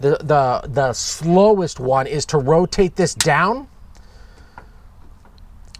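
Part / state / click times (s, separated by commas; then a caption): water valve selector handle in RV utility panel / seated / 5.8 s. Someone talks while rotating the plastic water-system valve handle on the utility panel of a 2016 Thor Challenger 37TB RV down to the city-fill-tank position. After the talking stops, a few faint ticks follow. A final sharp click at 5.8 s marks the handle seating into position.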